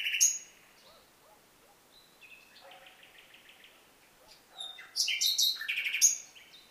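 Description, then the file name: Common nightingale song, loud varied phrases mixing high buzzy notes and rapid repeated chirps, with quieter stretches between bursts. "Luscinia megarhynchos"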